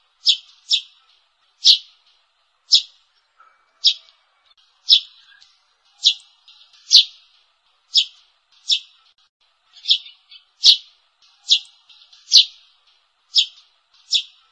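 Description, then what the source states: Sparrow lure call of clear, high chirps given steadily, roughly one or two per second, with brief faint twitters between them. Sparrow chirps used as a lure call.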